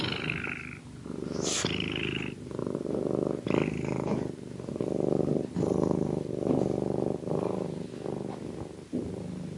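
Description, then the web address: Cat purring throughout. "cat curring"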